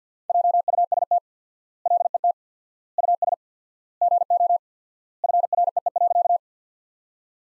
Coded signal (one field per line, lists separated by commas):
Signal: Morse code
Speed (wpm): 50 wpm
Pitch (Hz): 700 Hz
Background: none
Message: JUST LET US GO FREE.